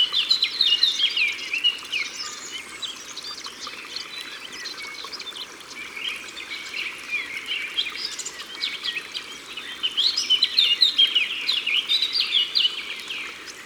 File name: Fauvette a tete noire Au bord de leau